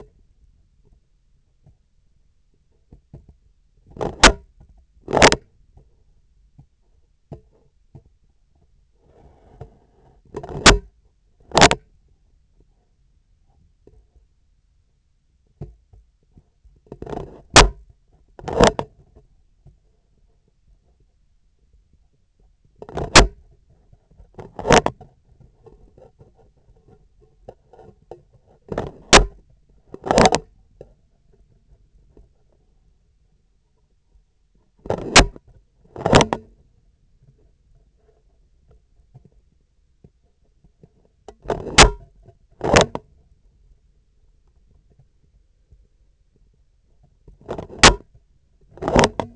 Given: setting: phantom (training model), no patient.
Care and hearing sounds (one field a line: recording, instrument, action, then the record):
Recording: laparoscopic instrument, vibration sensor on the handle end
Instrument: scissors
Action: opening and closing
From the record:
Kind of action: tool actuation without material contact